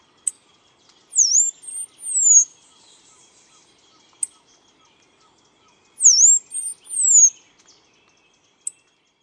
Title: LuckyPassaro Completos2Sama. Half-collared Sparrow (Arremon semitorquatus)